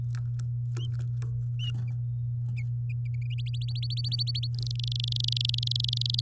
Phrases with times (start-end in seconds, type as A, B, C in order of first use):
3.46-4.47 A, 4.54-6.20 B